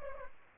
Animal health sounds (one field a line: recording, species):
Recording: mosquito wingbeat signal from an infrared sensor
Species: Culex pipiens